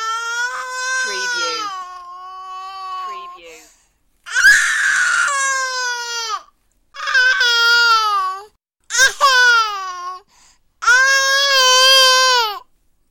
Baby Crying.